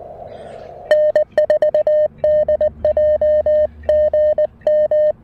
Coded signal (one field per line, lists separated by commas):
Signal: Morse code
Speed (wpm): 19 wpm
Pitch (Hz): 620 Hz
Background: none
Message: N4DJ GM